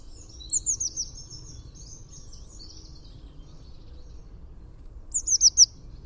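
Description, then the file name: Eurasian blue tit calling, a run of high, thin twittering notes followed later by a quick series of four sharp descending notes, with low background noise. "Cyanistes caeruleus"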